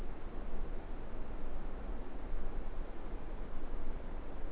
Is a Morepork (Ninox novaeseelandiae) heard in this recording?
no